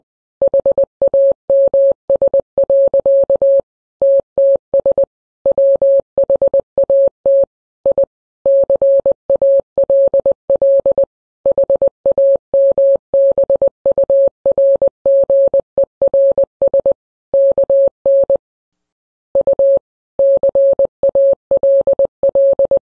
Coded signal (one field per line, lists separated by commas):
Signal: Morse code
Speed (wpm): 20 wpm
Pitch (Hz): 550 Hz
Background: none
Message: HAMS. TTS WHAT I CALL HAMBURGERS KN U CALL